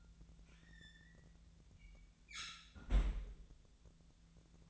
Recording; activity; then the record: daily activity, microphone in the room; close fridge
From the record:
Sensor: 3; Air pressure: 1009.6 hPa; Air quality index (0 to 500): 194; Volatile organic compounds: 16 ppm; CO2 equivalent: 2526 ppm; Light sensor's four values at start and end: 34/85/36/38 and 34/86/37/39